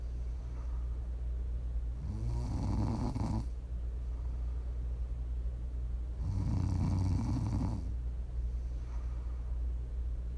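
Two rough, low rattling snores about four seconds apart over steady background hum: ordinary sleep snoring.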